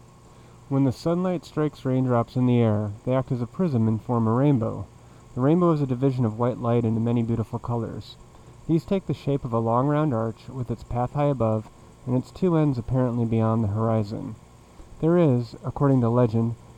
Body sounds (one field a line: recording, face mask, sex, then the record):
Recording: reading aloud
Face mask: surgical mask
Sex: male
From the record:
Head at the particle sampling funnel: facing it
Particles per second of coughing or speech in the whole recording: 0.232